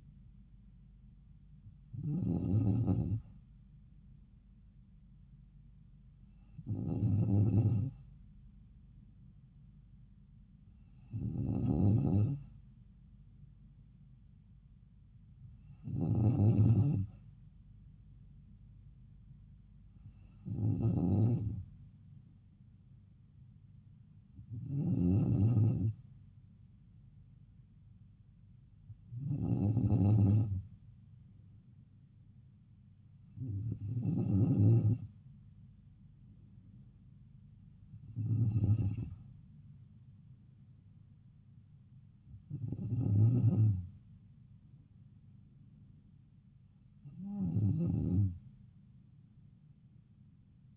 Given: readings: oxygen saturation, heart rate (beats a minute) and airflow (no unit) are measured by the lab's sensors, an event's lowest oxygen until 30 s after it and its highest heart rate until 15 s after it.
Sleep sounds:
breathing in sleep by a smartphone at the bedside; none
none scored
From the record:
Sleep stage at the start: N2 (light sleep); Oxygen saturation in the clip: 94%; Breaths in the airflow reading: 11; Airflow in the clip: -3.0 to 3.6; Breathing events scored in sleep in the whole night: 270 in 6.1 hours asleep

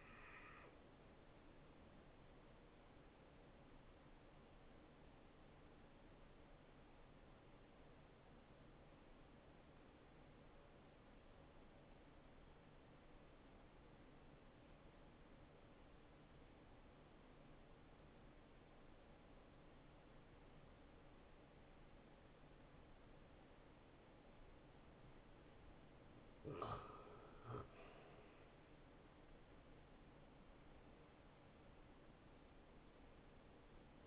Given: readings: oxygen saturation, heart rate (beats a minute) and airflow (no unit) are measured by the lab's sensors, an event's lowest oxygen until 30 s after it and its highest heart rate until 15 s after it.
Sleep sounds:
breathing in sleep by a voice recorder at the bedside; 1
6.00-26.40 s: obstructive apnea (N1, oxygen 90% highest, then 84% lowest, heart rate 70 at the start, 71 highest)
From the record:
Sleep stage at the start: N1 (lightest sleep); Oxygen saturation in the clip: 84 to 91%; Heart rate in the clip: 60 to 72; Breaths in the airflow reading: 3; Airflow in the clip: -11.4 to 5.6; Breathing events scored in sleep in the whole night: 263 in 5.5 hours asleep

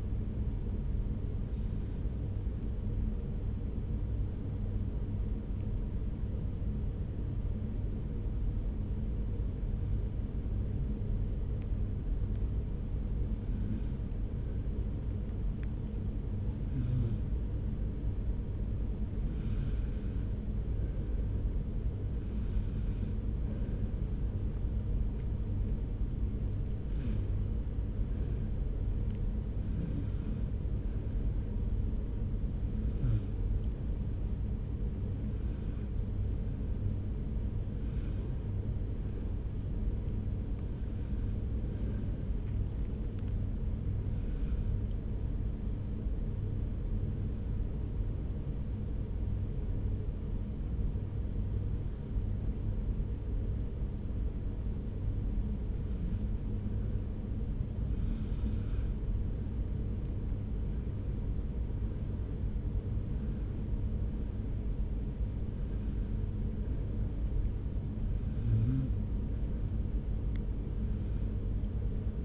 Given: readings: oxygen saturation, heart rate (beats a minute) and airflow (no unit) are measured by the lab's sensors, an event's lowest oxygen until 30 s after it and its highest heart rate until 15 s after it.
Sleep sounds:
breathing in sleep by a smartphone at the bedside; 2
4.00-20.80 s: hypopnea (N2, oxygen 97% highest, then 94% lowest)
10.00-72.25 s: new sleep stage, N1 (lightest sleep)
44.00-60.00 s: hypopnea (N1, oxygen 96% highest, then 94% lowest)
From the record:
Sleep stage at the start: N2 (light sleep); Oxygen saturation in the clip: 94 to 97%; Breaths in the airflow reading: 24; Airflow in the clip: -1.6 to 3.1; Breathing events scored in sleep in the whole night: 335 in 6.7 hours asleep

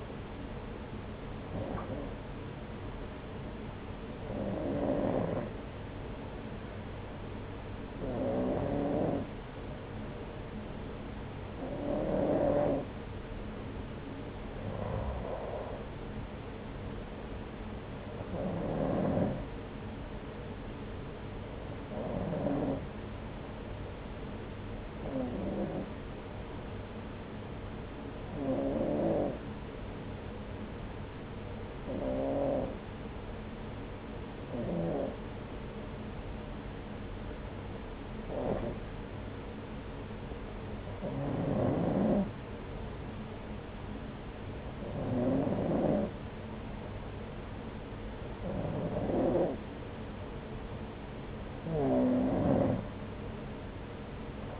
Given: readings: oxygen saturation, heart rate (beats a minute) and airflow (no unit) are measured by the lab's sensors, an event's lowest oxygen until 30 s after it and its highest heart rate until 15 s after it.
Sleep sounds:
breathing in sleep by a voice recorder at the bedside; none
none scored
From the record:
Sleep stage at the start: N2 (light sleep); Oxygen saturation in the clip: 92 to 94%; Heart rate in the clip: 62 to 82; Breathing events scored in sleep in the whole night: 303 in 8.1 hours asleep

